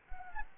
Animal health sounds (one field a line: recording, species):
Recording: mosquito wingbeat signal from an infrared sensor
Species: Anopheles gambiae